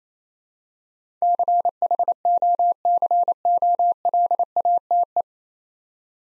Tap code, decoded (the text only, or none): none